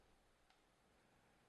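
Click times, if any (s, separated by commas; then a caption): none. A Polaroid 420 Automatic Land Camera is handled as its metal release piece is pressed and the bellows front standard is pushed back toward its closed latch in the folding instant camera body. Only a steady low background hiss is heard, with a faint soft tick near 0.5 s. Nothing has seated or clicked yet; the bellows is not latched shut.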